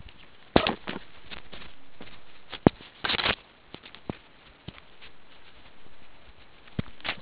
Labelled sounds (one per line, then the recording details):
meerkat close call
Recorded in the Kuruman River Reserve, South Africa
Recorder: an audio tag on a meerkat's collar